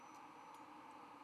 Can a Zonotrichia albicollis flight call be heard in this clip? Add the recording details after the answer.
no. No flight call is heard. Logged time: 01:22 on 17 November 2014